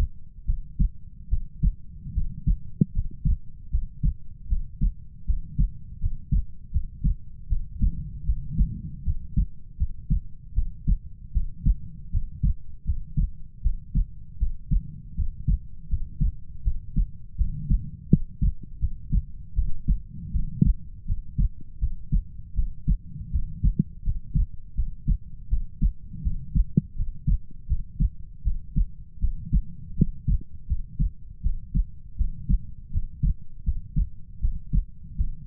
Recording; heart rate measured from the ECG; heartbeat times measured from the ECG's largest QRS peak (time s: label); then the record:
heart sounds by stethoscope; 80 bpm
0.44 s: heartbeat
1.28 s: heartbeat
2.12 s: heartbeat
2.92 s: heartbeat
3.69 s: heartbeat
4.47 s: heartbeat
5.25 s: heartbeat
5.99 s: heartbeat
6.71 s: heartbeat
7.47 s: heartbeat
8.24 s: heartbeat
9.03 s: heartbeat
9.76 s: heartbeat
10.53 s: heartbeat
11.32 s: heartbeat
12.10 s: heartbeat
12.84 s: heartbeat
13.61 s: heartbeat
14.37 s: heartbeat
15.14 s: heartbeat
15.88 s: heartbeat
16.62 s: heartbeat
17.36 s: heartbeat
18.08 s: heartbeat
18.79 s: heartbeat
19.54 s: heartbeat
20.31 s: heartbeat
21.05 s: heartbeat
21.78 s: heartbeat
22.54 s: heartbeat
23.30 s: heartbeat
24.02 s: heartbeat
24.74 s: heartbeat
25.48 s: heartbeat
26.21 s: heartbeat
26.94 s: heartbeat
27.66 s: heartbeat
28.42 s: heartbeat
29.19 s: heartbeat
29.95 s: heartbeat
30.66 s: heartbeat
31.41 s: heartbeat
32.16 s: heartbeat
32.90 s: heartbeat
33.63 s: heartbeat
34.39 s: heartbeat
35.15 s: heartbeat
From the record:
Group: healthy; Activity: cold pressor test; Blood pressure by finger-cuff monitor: 96/65 mmHg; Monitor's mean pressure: 77 mmHg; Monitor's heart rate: 79 bpm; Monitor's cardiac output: 6.7 L/min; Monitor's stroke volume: 84 mL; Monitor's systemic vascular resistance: 820 dyn s/cm5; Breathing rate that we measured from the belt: 20 breaths a minute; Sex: female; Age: 19 years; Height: 163 cm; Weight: 48.9 kg